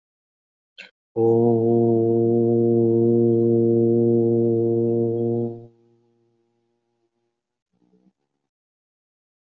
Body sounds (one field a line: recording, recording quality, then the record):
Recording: sustained vowel as in boot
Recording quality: excellent, no background noise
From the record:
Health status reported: healthy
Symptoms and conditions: none ticked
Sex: male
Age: 50 years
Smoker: not ticked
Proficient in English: yes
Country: United States